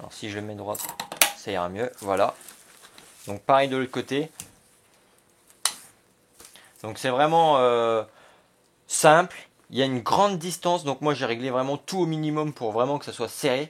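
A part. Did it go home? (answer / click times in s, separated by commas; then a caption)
yes / 5.7 s. A plastic side-release buckle on the side strap of a Condor Sentry plate carrier is fastened on the other side, giving one loud, sharp snap at 5.7 seconds as it snaps shut and seats. Someone talks before and after the snap.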